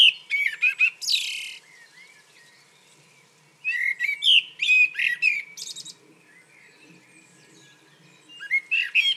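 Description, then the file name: Common blackbird song: a phrase opening with a mellow warble and a harsh squeaky flourish, a longer phrase midway, then another beginning at the end. "Turdus merula"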